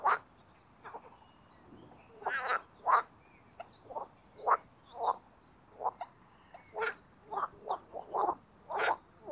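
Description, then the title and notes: Marsh frogs calling in a loose chorus, short pulsed croaking bursts at irregular intervals. Mating chorus of marsh frogs in spring at an artificial boating pond in Oise, France. "au Parc Chédeville dans l'Oise. des grenouilles rieuses se donnent rendez-vous au printemps pour un concert amoureux"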